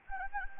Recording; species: mosquito wingbeat signal from an infrared sensor; Anopheles gambiae